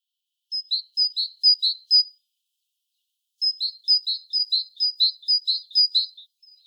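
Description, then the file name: Great tit singing two bursts of repeated paired high-then-lower notes, a short burst and then, after a pause of over a second, a longer one. "Parus major"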